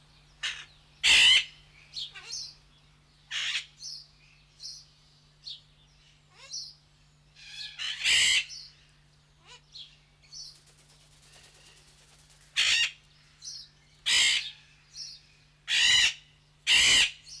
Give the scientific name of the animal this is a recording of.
Primolius auricollis